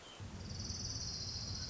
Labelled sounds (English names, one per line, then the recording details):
Orange-crowned Warbler
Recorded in Sonoma County, California